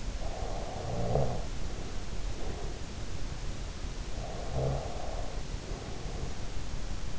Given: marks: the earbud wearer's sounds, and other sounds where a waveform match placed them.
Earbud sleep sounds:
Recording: sounds in sleep by an in-ear microphone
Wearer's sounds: snoring breath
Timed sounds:
0.00-2.92 s: snoring breath
4.22-6.59 s: snoring breath

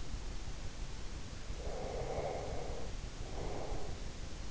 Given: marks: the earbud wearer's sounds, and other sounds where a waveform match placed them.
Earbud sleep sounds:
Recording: sounds in sleep by an in-ear microphone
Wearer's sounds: breath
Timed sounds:
1.48-4.14 s: breath

